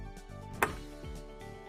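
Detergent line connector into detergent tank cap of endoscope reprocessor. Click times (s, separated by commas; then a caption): 0.6 s. A detergent line connector is pushed onto the connecting cap of a new detergent tank in an endoscope reprocessor and seats with a single sharp, short click at 0.6 s. Music plays steadily underneath throughout.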